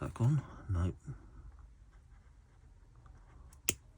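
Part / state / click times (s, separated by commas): plastic fitting onto RC car chassis mount / seated / 3.7 s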